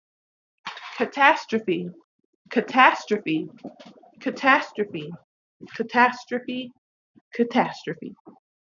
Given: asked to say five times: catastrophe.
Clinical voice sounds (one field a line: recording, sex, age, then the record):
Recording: repeated word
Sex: female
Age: 30 to 39 years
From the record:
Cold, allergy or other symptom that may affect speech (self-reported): no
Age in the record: 30 years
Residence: Missouri, United States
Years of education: 16